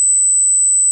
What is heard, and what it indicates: Kind of one of the most common tinnitus experiences that people have. So this is an 8,000 hertz tone.